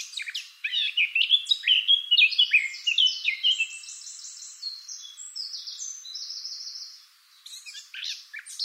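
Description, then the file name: Eurasian blackcap song, a fast chattering warble running into a series of rapid repeated notes, then a short silence before scratchy warbling resumes. "Sylvia atricapilla"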